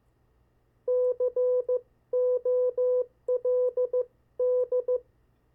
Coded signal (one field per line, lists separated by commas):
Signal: Morse code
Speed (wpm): 15 wpm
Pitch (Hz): 500 Hz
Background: none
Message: COLD